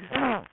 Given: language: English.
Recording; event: throat vibration sensor signal played as sound; throat clearing